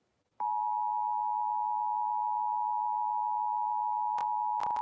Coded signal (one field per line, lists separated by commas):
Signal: Emergency Alert System (SAME) tones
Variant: 853 and 960 Hz attention tone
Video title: EAS Special Marine Warning 3/15/25 (Credit Goes To @SouthernPennsylvaniaWX & @KanawhaCountyWX)